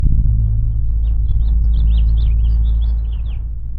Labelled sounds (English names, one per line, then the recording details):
House Finch song
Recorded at WGilgo Beach on Long Island, New York, on 22 May 1975
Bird F